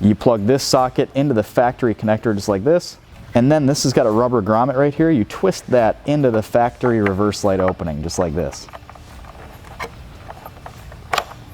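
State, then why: Seated. Someone talks while plugging a GTR Lighting carbide CAN bus LED reverse bulb socket into the factory connector of a Jeep Gladiator, then twisting the socket and its rubber grommet into the factory reverse light opening of the plastic taillight housing. After the talking stops, quiet handling noises follow, and the socket clicks into place at 11.1 s and 11.2 s, locking it into the housing.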